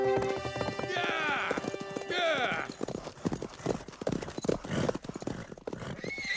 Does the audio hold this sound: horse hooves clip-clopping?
yes